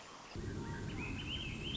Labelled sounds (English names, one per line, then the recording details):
Swainson's Thrush
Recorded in Sonoma County, California